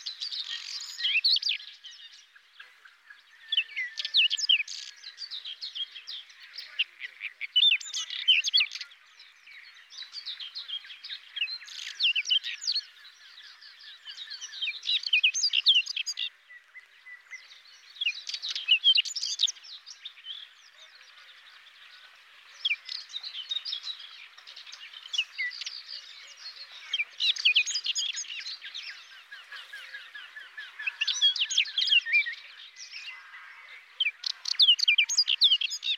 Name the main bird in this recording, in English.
Whinchat